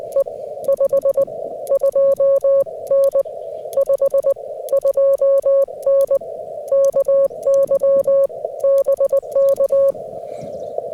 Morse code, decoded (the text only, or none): E 52N 52N KY BK